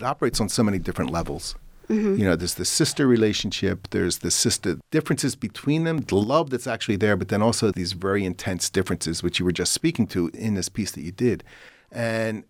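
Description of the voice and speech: Fluent conversational adult male speech with ordinary rate, pauses and clear voice; no speech disorder.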